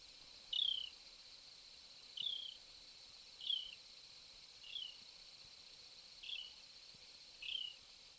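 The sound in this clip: Tit calls, six short high notes spaced throughout, over a steady high hiss.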